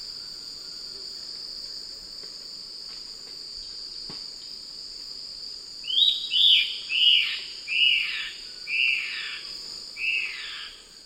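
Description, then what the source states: Reddish-winged bare-eye calling: after quiet, a run of several high, falling buzzy notes spaced about half a second to over a second apart, with a loud steady insect whine throughout. South America, eastern lowlands.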